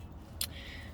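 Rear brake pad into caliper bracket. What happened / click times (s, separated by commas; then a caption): The metal part snapped into its bracket / 0.4 s. After its oversized, larger-than-OEM clip is snapped off, a rear brake pad for a BMW is pried into the caliper bracket. It pops into place with a single sharp metallic snap at 0.4 s over a low background hum. The pad is seated in the bracket.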